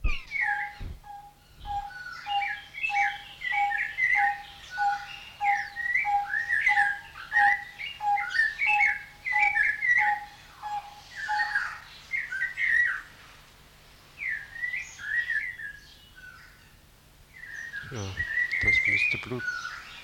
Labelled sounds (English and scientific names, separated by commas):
Vieillot's Barbet (Lybius vieilloti) call, Snowy-crowned Robin-Chat (Cossypha niveicapilla)